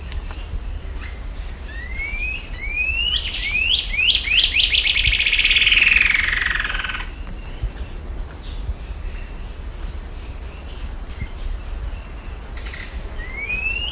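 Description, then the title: Cinereous antshrike calls as a series of rising whistled slurs that speed up into a fast, descending rattling trill, with a steady high insect hum throughout and a further rising slur near the end. Subspecies glaucus. "LuckyPassaro Completos2Sama. Cinereous Antshrike (Thamnomanes caesius glaucus)"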